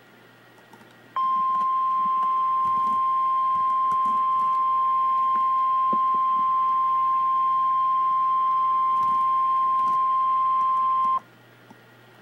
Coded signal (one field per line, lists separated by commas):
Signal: Emergency Alert System (SAME) tones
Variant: 1050 Hz attention tone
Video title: REAL EAS 1226-Severe Thunderstorm Warning